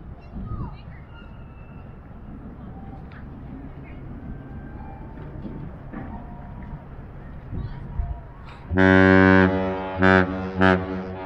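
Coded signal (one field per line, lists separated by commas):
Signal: ship horn signal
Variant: Great Lakes Master Salute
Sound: crowd ambience, then a deep horn: one long blast, two short blasts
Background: outdoor crowd ambience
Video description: At the end of the their 1 long 2 short, 1 long the bridge thinking it was a Captains Salute started their reply. Some what like me with my wife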